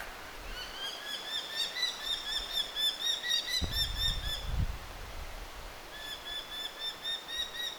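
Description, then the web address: Eurasian hobby fledgling calls: fast, repeated shrill notes run almost without a break, briefly overlaid by low thumping noise midway, then resume after a short lull. Fledglings calling, 23 August 2025. "23 8 2025 nuolihaukan lentopoikasten aantelya"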